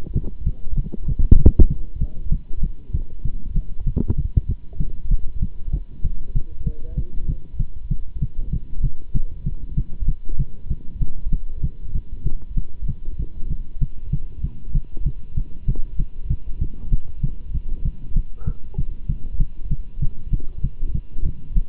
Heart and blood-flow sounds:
heart sounds by stethoscope; between the tricuspid and mitral areas; 193 bpm
0.14 s: heartbeat
0.45 s: heartbeat
0.76 s: heartbeat
1.07 s: heartbeat
1.38 s: heartbeat
1.69 s: heartbeat
2.00 s: heartbeat
2.31 s: heartbeat
2.62 s: heartbeat
2.93 s: heartbeat
3.24 s: heartbeat
3.55 s: heartbeat
3.86 s: heartbeat
4.17 s: heartbeat
4.48 s: heartbeat
4.79 s: heartbeat
5.10 s: heartbeat
5.41 s: heartbeat
5.72 s: heartbeat
6.03 s: heartbeat
6.34 s: heartbeat
6.65 s: heartbeat
6.96 s: heartbeat
7.27 s: heartbeat
7.58 s: heartbeat
7.90 s: heartbeat
8.21 s: heartbeat
8.51 s: heartbeat
8.82 s: heartbeat
9.14 s: heartbeat
9.45 s: heartbeat
9.76 s: heartbeat
10.07 s: heartbeat
10.38 s: heartbeat
10.69 s: heartbeat
11.00 s: heartbeat
11.31 s: heartbeat
11.62 s: heartbeat
11.94 s: heartbeat
12.25 s: heartbeat
12.56 s: heartbeat
12.87 s: heartbeat
13.18 s: heartbeat
13.49 s: heartbeat
13.80 s: heartbeat
14.12 s: heartbeat
14.43 s: heartbeat
14.74 s: heartbeat
15.05 s: heartbeat
15.36 s: heartbeat
15.67 s: heartbeat
15.98 s: heartbeat
16.29 s: heartbeat
16.60 s: heartbeat
16.91 s: heartbeat
17.22 s: heartbeat
17.53 s: heartbeat
17.84 s: heartbeat
18.15 s: heartbeat
18.46 s: heartbeat
18.77 s: heartbeat
19.08 s: heartbeat
19.39 s: heartbeat
19.70 s: heartbeat
20.01 s: heartbeat
20.32 s: heartbeat
20.63 s: heartbeat
20.93 s: heartbeat
21.24 s: heartbeat
21.55 s: heartbeat
From the record:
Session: Bruce protocol treadmill stress test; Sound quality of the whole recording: good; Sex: male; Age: 24 years

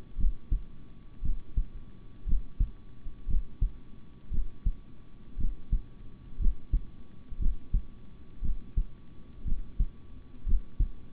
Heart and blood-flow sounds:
heart sounds by stethoscope; between the tricuspid and mitral areas; 58 bpm
0.17 s: heartbeat
1.22 s: heartbeat
2.25 s: heartbeat
3.27 s: heartbeat
4.30 s: heartbeat
5.37 s: heartbeat
6.38 s: heartbeat
7.38 s: heartbeat
8.41 s: heartbeat
9.44 s: heartbeat
10.45 s: heartbeat
From the record:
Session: rest, sitting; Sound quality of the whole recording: good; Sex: male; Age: 26 years

